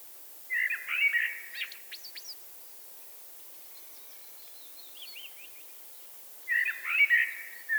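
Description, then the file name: Eurasian blackbird song: a mellow whistled phrase with high squeaky notes at its end, a faint twittering in between, then a second rich phrase begins. "Turdus merula"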